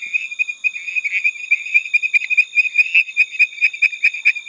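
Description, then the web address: Frog call, a fast series of short high pulsed notes, with steady high tones in the background. "Frogs World"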